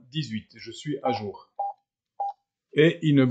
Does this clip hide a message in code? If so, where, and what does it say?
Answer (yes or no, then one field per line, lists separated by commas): no